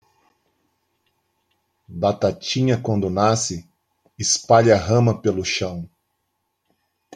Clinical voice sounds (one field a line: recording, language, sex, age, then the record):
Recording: short text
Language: Brazilian Portuguese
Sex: male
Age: 50 to 59 years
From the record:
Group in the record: control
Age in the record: 54 years